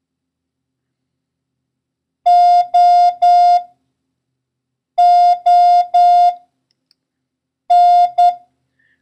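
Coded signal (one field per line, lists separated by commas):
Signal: Morse code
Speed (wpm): 10 wpm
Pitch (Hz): 710 Hz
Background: none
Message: OON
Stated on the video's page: Morse code lesson covering the letters S, O, R and the number 1, with random practice runs.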